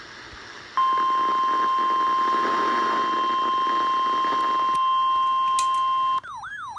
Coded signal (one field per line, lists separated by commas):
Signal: Emergency Alert System (SAME) tones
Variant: 1050 Hz attention tone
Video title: Eas Severe Thunderstorm warning for Rio Grande City, TX